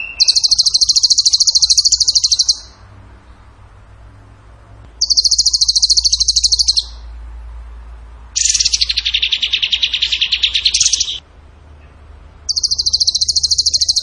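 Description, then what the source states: Bird song of repeated rapid, high rattling trills lasting about two to three seconds each, one burst lower and harsher, with quiet pauses between them. Masteran (training recording) of a bird singing in the tembakan gacor style.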